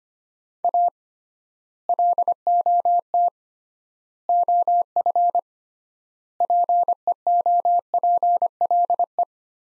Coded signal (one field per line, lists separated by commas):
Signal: Morse code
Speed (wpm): 25 wpm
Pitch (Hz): 700 Hz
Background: none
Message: A LOT OF PEOPLE